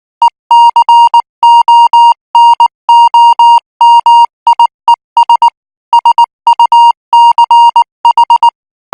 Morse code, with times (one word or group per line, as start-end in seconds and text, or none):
0.2-5.5 ECONOMIES
5.9-8.5 SUCH